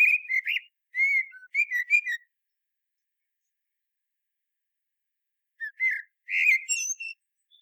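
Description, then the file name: Common blackbird song: rich, low fluting notes in a quick phrase, a silent gap of several seconds, then another brief whistled phrase with a high twitter. "Turdus merula"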